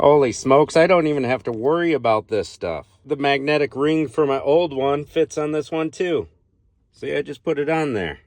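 A man talks throughout while handling the magnetic ring from his old phone mount, which fits the new SYNCWIRE magnetic car phone mount. He places the ring toward the mount, but it has not attached yet and no snap is heard.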